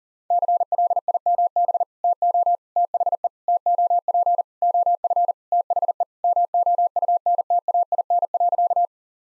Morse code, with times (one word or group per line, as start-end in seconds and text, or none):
0.3-1.8 CLIMB
2.0-2.6 TO
2.8-3.3 THE
3.5-4.4 TOP
4.6-5.3 OF
5.5-6.0 THE
6.2-8.9 MOUNTAIN.